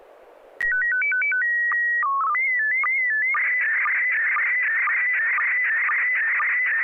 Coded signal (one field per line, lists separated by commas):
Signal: SSTV (slow-scan television)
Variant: PD 120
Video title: N6NA SSTV Net - 06/23/2021